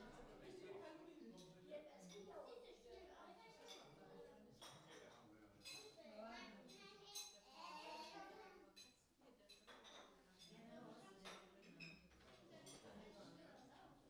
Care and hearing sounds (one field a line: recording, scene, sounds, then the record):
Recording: everyday scene through a hearing-aid microphone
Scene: many people talking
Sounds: many voices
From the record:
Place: parish hall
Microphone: in the ear canal, right